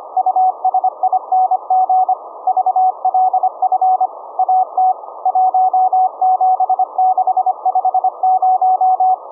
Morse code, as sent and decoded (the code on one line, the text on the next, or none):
..- ... .. -. --. / ...- .-.. ..-. / .- - / .---- --... -.... ..... -----
USING VLF AT 17650